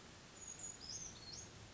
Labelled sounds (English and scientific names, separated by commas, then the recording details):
Brown Creeper (Certhia americana)
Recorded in Sonoma County, California